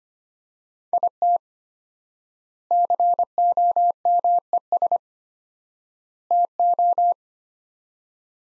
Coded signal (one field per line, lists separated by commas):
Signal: Morse code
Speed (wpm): 25 wpm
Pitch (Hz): 700 Hz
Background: none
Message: IT COMES TO